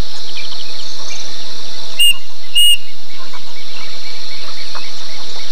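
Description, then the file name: Bird calls: two loud, clear whistled notes about half a second apart, over a steady high insect drone with faint chirps in the background. "SABIOD 50 bird 2015"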